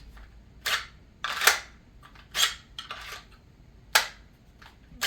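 A handgun is pushed into a rigid concealment holster until its retention engages. Sharp clicks are heard at 1.2 s and 4.0 s among other short snaps and rattles, with no talk. The pistol is seated in the holster and will not come out.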